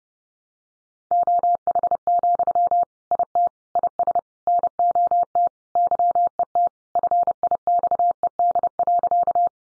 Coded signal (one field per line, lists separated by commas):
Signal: Morse code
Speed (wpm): 30 wpm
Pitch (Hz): 700 Hz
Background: none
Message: OH, IT IS NOT YET FIXED.